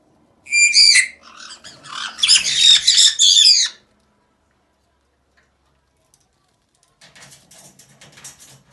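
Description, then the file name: Caique giving harsh, grating squawks in a ragged three-second run, followed by silence and a faint scratchy shuffling sound near the end. Caique parrots screaming. "kak kricat popugai kaiki"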